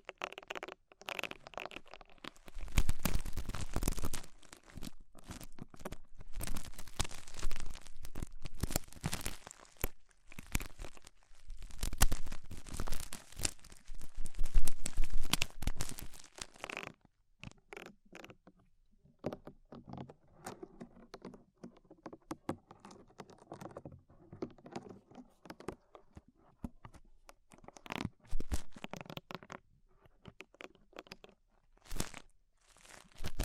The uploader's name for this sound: Tingly Ear Cleaning Rhinestone & Clay Removal